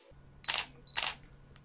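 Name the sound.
camera shutter click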